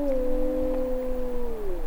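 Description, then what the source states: Wolf howl, one steady, smooth tone that slides lower toward the end, with a low rumble beneath. In winter.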